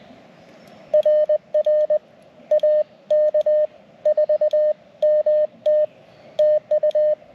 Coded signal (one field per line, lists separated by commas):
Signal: Morse code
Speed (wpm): 20 wpm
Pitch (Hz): 610 Hz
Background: none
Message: RR AK 4MT TU